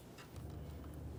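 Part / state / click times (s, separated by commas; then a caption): connector locking tab on variable valve timing solenoid connector / not seated / none. A hand pushes the locking tab on the electrical connector of the variable valve timing (VVT) solenoid on a 2002-2009 Chevrolet Trailblazer toward its locked position after the connector was checked with a light tug. A brief faint tick at about 0.2 s rises over a steady low rumble that grows slightly louder from about 0.35 s onward. Nothing has seated or clicked yet.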